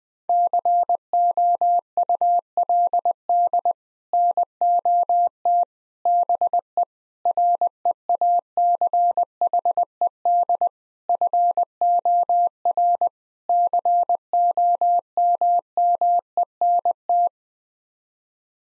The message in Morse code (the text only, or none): COULD NOT BE REACHED FOR COMMENT